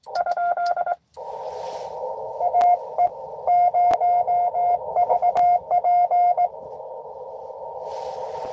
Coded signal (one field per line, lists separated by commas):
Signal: Morse code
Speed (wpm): 21 wpm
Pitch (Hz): 710 Hz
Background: radio noise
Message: ? AE0VP